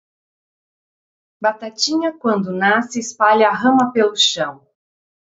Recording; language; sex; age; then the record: short text; Brazilian Portuguese; female; 40 to 49 years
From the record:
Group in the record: control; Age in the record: 45 years